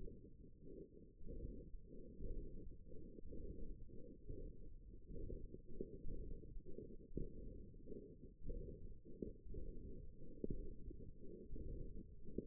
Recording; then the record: forearm muscle sounds (acoustic myography)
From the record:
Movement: hand opening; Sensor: system 1, eight BSWA MPA416 microphones around the upper forearm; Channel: 7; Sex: female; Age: 21 years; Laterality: right